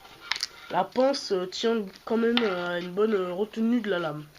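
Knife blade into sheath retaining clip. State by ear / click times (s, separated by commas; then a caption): not seated / none. The blade of a Gerber Bear Grylls Ultimate knife is handled at its sheath, which has a retaining clip, while someone talks. A few short sharp handling ticks come near 0.3–0.4 s. The clip ends before the knife goes home, and nothing has seated or clicked into the retaining clip yet.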